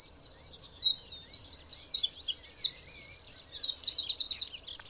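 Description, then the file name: Eurasian wren song, a vigorous stream of high rattling trills and a sustained buzzy note, sharp and rapid throughout. "Troglodytes troglodytes"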